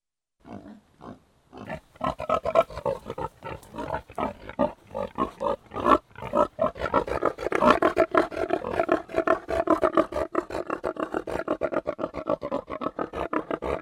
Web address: The BBC Sound Effects Library. 3 Pigs Grunting